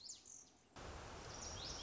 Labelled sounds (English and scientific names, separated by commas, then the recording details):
Lazuli Bunting (Passerina amoena)
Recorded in Sonoma County, California